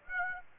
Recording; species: mosquito wingbeat signal from an infrared sensor; Aedes aegypti